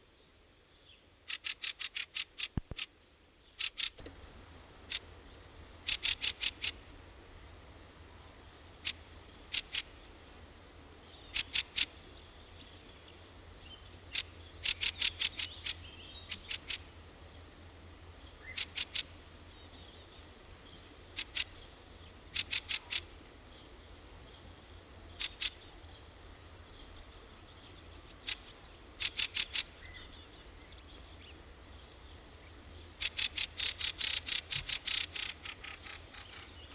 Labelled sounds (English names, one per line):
Fieldfare alarm call